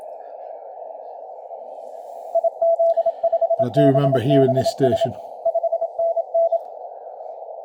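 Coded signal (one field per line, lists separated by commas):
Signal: Morse code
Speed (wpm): 26 wpm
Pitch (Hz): 670 Hz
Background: speech, radio noise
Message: IZ5BBS 5NN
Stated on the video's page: 20 meter CW from a special-event station, received on a Malahit DSP2 receiver with an endfed antenna.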